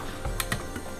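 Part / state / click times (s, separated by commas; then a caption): safety lever into pistol receiver/bullpup chassis / not seated / none. A safety lever is handled as it is fitted at an upward angle into the pistol receiver of a CZ Scorpion bullpup conversion kit. Two brief, sharp ticks of handling sound at about 0.4 s and 0.5 s stand out over a low background. The lever has not yet been pushed down on the far side, so nothing has seated or clicked into place yet.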